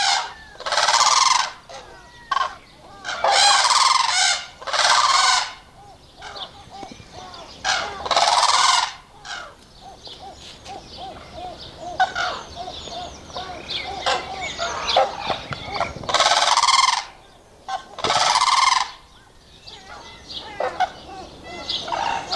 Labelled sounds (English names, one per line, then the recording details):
Blue Crane call
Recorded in captivity
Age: adult
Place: Zoo Berlin, Berlin, DE
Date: 1986-05-02 12:08
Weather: sonnig, 17°C
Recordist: Tembrock, Günter